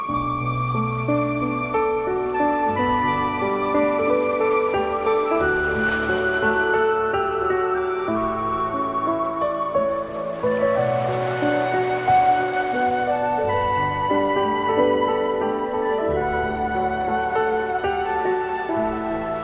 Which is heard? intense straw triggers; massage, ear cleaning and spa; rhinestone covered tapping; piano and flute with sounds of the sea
piano and flute with sounds of the sea